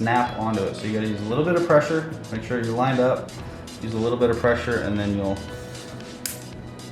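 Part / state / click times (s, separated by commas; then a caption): wheel hex onto rear axle cross pin of an RC truck / seated / 6.3 s. A plastic wheel hex is pressed with a little pressure onto the rear stub axle of a Traxxas Slash RC truck kit, its groove lined up with the cross pin, while someone talks over background music. A single sharp snap at 6.3 s marks the hex seating onto the axle pin, locking it in place.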